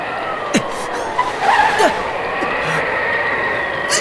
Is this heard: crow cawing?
no